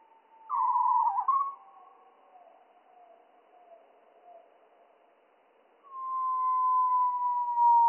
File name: GOBE MOUCHE GRIS MOINS TROIS OCTAVES MONO